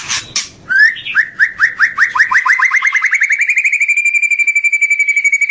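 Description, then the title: White-rumped shama song: a few harsh opening notes, then rising whistled notes repeated faster and faster, merging into a steady high trill. Masteran, a training recording for songbirds. "MURAI BATU LABAIK"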